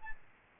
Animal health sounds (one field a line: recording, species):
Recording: mosquito wingbeat signal from an infrared sensor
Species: Aedes albopictus